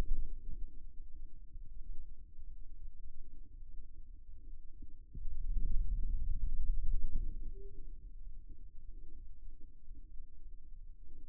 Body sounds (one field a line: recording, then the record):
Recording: forearm muscle sounds (acoustic myography)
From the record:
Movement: ulnar deviation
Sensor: system 2, bracelet of six BSWA MPA416 microphones around the upper forearm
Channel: 2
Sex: male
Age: 22 years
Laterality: right